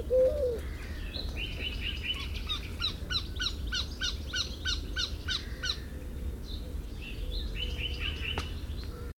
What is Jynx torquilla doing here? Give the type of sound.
call